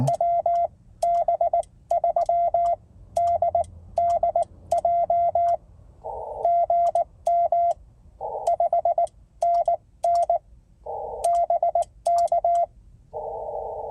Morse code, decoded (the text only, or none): WB3DDJ GM 5NN BK